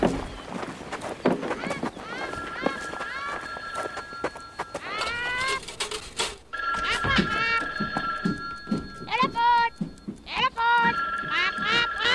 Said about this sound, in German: Da, das Telefon. Die rote Lampe an der Werkbank blinkt.